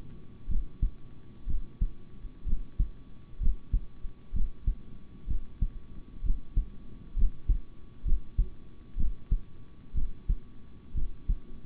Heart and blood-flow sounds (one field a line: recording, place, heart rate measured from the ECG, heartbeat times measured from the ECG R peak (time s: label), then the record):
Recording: heart sounds by stethoscope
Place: between the tricuspid and mitral areas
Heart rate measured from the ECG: 63 bpm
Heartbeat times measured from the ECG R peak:
0.48 s: heartbeat
1.46 s: heartbeat
2.45 s: heartbeat
3.39 s: heartbeat
4.32 s: heartbeat
5.27 s: heartbeat
6.22 s: heartbeat
7.15 s: heartbeat
8.04 s: heartbeat
8.96 s: heartbeat
9.94 s: heartbeat
10.94 s: heartbeat
From the record:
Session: rest, sitting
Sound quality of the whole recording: good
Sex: male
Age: 26 years